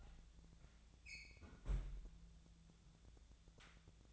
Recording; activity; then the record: daily activity, microphone in the room; close fridge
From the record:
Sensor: 3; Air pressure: 1000.0 hPa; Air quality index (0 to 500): 126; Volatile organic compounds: 2 ppm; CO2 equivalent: 1126 ppm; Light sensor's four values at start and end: 43/109/46/51 and 43/109/46/51